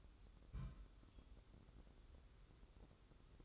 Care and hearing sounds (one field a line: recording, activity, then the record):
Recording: daily activity, microphone in the room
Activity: place on stove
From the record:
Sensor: 3